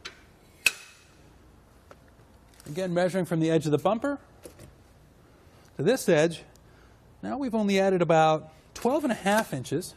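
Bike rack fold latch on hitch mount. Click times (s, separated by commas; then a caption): 0.7 s. An empty RockyMounts MonoRail platform bike rack for 2 bikes, hitch-mounted on a 2018 Jeep Grand Cherokee, is folded up by pulling its blue handle and pushing the rack up. Its fold latch gives a sharp click at 0.7 s as it seats in the stowed position. After that, someone talks.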